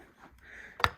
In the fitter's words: you're just gonna wanna get it in the grooves and then slide it back until it clicks like it just did.